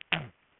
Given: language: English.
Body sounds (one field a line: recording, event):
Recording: throat vibration sensor signal played as sound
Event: throat clearing